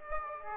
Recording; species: mosquito wingbeat signal from an infrared sensor; Aedes aegypti